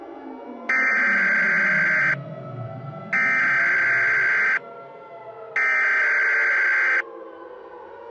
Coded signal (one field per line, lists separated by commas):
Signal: Emergency Alert System (SAME) tones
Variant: header bursts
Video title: EAS Mock - 13 Minutes